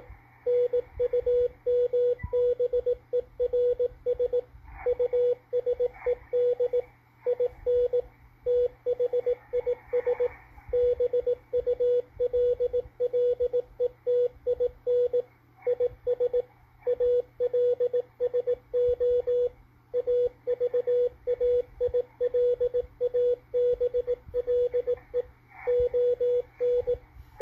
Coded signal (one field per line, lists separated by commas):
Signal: Morse code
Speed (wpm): 18 wpm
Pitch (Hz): 490 Hz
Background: radio noise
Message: NUMBERS USED IN THIS BULLETIN IS ALSO AVAILABLE ON